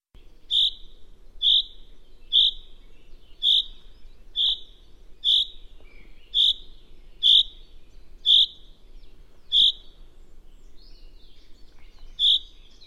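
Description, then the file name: Common chaffinch calls: a sharp, high single note repeated roughly once a second, with one longer gap near the end, over faint low background noise. "Fringilla coelebs"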